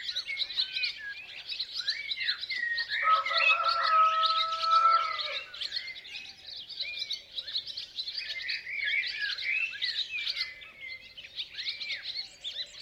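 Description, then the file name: Rooster crow, one sustained even note of about two seconds, set against a lively background of many chirping and whistling songbirds. "Rooster Crowing Sound"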